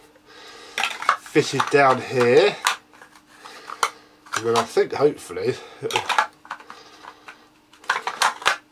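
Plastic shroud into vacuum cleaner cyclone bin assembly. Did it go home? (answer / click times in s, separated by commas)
yes / 8.5 s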